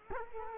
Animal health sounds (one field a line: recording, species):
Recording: mosquito wingbeat signal from an infrared sensor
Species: Culex quinquefasciatus